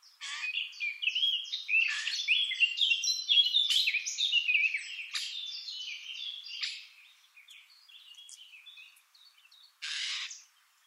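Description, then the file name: Eurasian blackcap song: a long, fast, rich warble of varied chattering and fluty notes for about six seconds, then quieter scattered notes and a short hissy burst. "Sylvia atricapilla"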